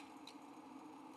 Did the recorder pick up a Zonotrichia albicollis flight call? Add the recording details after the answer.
no. No flight call is heard. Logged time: 11:00 on 5 December 2014